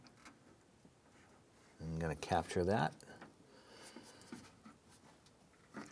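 A retaining clip is lined up and captured on the back side of the lock cylinder inside the door of a 1993–1997 Ford Ranger pickup, with a little grease applied to help it slide into place. Someone talks briefly, and only quiet handling noises follow. Nothing has seated or clicked yet, and the clip still awaits a firm push home.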